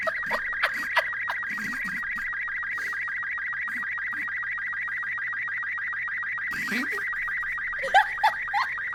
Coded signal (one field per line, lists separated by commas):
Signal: SSTV (slow-scan television)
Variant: Robot 36